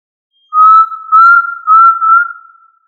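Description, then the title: Tinamou call of three clear, level whistles that run together and end in a long, slowly fading note, with no other sounds. "Familia Tinamidae - Quail - Puyuh"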